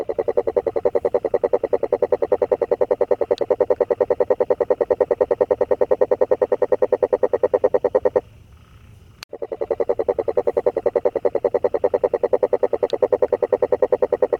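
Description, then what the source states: Frog repeating a long, fast croaking trill of regular pulses, pausing once for about a second before a click and renewed calling. Recorded 25 January 2022.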